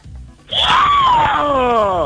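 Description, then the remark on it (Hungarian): A man phoning in from Érd imitates a dying cat with a long, strained, wailing yowl that rises and then slowly sinks in pitch, loud and sustained for over a second. “Ez döglött macska hangja.”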